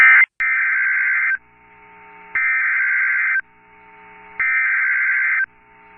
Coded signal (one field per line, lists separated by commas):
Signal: Emergency Alert System (SAME) tones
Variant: header bursts